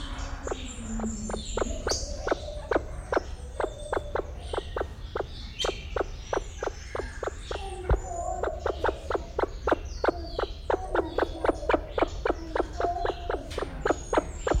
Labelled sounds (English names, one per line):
Great Argus call